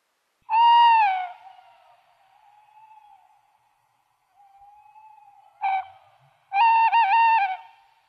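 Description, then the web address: Tawny owl hooting, a long falling hoot, then faint soft notes, a brief hoot and a wavering tremulous hoot, in near silence. Recorded in Valsolda. "cibra valsolda. Allocco"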